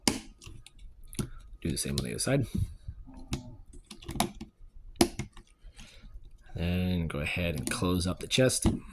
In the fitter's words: And swing that till it snaps into place.